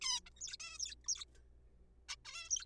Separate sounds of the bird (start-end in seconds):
0.02-0.20, 0.26-0.29, 0.36-0.41, 0.41-0.56, 0.60-0.78, 0.78-0.94, 1.04-1.07, 1.08-1.25, 2.09-2.16, 2.25-2.49, 2.50-2.65